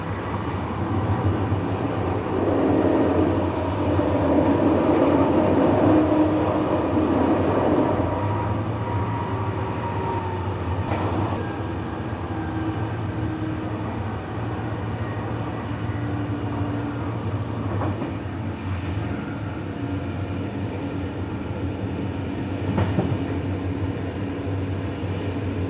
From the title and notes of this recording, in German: Abendliche Zugfahrt, ratternde Gleise. Rattern einer abendlichen Zugfahrt, kaum Menschen und viel Stille im Abteil.